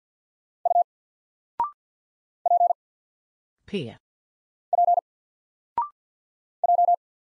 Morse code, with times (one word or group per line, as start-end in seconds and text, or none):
0.7-0.8 U
2.5-2.7 P
4.7-5.0 P
6.6-6.9 J